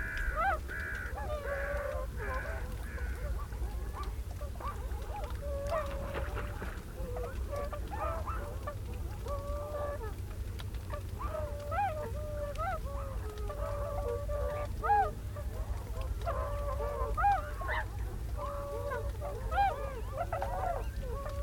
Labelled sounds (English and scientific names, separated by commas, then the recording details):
Tundra Swan (Cygnus columbianus) call
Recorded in the wild
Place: Schwerin, Lewitz, Mecklenburg-Vorpommern, DE
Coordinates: 53.636, 11.401
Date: 1975-03-15
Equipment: Nagra III BH, Sennheiser MD 21, parabola
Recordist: Schubert, Michael